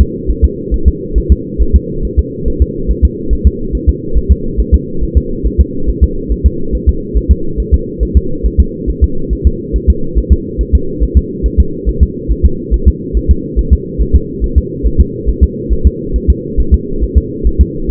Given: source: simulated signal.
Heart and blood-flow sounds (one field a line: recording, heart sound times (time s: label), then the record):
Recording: fetal heart sounds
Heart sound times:
0.01 s: S2
0.30 s: S1
0.44 s: S2
0.74 s: S1
0.88 s: S2
1.18 s: S1
1.32 s: S2
1.61 s: S1
1.76 s: S2
2.05 s: S1
2.19 s: S2
2.48 s: S1
2.62 s: S2
2.90 s: S1
3.05 s: S2
3.33 s: S1
3.47 s: S2
3.75 s: S1
3.89 s: S2
4.17 s: S1
4.31 s: S2
4.60 s: S1
4.74 s: S2
5.03 s: S1
5.17 s: S2
5.46 s: S1
5.61 s: S2
5.89 s: S1
6.04 s: S2
6.32 s: S1
6.46 s: S2
6.75 s: S1
6.89 s: S2
7.17 s: S1
7.31 s: S2
7.60 s: S1
7.74 s: S2
8.03 s: S1
8.17 s: S2
8.46 s: S1
8.60 s: S2
8.89 s: S1
9.04 s: S2
9.33 s: S1
9.47 s: S2
9.76 s: S1
9.90 s: S2
10.18 s: S1
10.32 s: S2
10.61 s: S1
10.75 s: S2
11.03 s: S1
11.17 s: S2
11.46 s: S1
11.60 s: S2
11.89 s: S1
12.03 s: S2
12.31 s: S1
12.45 s: S2
12.74 s: S1
12.88 s: S2
13.17 s: S1
13.31 s: S2
13.59 s: S1
13.73 s: S2
14.02 s: S1
14.16 s: S2
14.44 s: S1
14.58 s: S2
14.86 s: S1
15.00 s: S2
15.29 s: S1
15.43 s: S2
15.73 s: S1
15.87 s: S2
16.16 s: S1
16.30 s: S2
16.60 s: S1
16.74 s: S2
17.03 s: S1
17.17 s: S2
17.47 s: S1
17.61 s: S2
17.91 s: S1
From the record:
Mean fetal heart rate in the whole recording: 140 bpm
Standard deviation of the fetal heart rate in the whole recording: 2 bpm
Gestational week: 34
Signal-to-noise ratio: -8.1 dB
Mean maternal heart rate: 72 bpm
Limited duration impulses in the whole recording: present